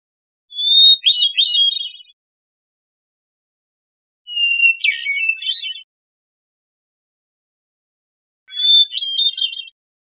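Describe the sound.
Hermit thrush song with three phrases roughly four seconds apart, each a held whistled note followed by a rapid jumble of notes.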